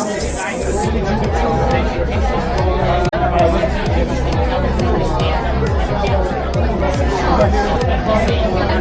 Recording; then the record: background sound without coughing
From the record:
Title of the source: Nightlife Party Simulating Party Club Noise 1 Hour